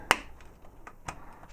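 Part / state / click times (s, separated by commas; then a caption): plastic combiner limb clip into the toy's torso tab slot / seated / 0.1 s. A plastic combiner limb is pushed forward along its tab-and-clip system into the torso tab slot of a Transformers Combiner Wars Devastator robot toy. A sharp snap at 0.1 s marks the clip locking into place, followed by fainter clicks around 0.4, 0.9 and 1.1 s. The limb is seated.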